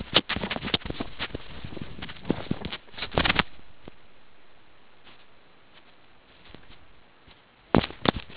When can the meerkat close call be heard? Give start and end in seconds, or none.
none